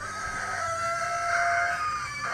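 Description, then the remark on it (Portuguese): A rooster crows in one long, strained call, its harsh, high-pitched tone holding steady for about two seconds at an even, fairly loud level. “Nossa, os galos estão tudo brisados.”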